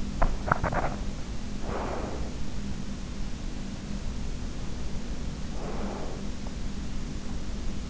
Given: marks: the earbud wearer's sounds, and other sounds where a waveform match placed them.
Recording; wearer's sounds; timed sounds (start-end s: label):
sounds in sleep by an in-ear microphone; breath
0.10-1.11 s: sound from someone else or the room
1.61-2.53 s: breath
4.53-6.41 s: breath